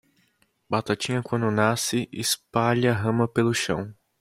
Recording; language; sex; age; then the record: short text; Brazilian Portuguese; male; 20 to 29 years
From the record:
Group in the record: control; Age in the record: 21 years